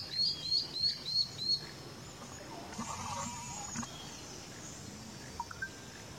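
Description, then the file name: Puffbird song: a quick run of four or five thin, high, upslurred whistles in about one and a half seconds, then fading noise and a couple of faint notes. "canto da macuru papa mosca"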